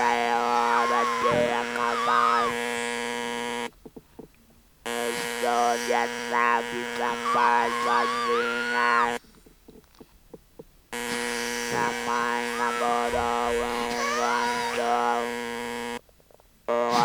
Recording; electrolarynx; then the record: speech with an electrolarynx; modified device, with random pitch perturbation and pitch set by sex and age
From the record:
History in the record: total laryngectomy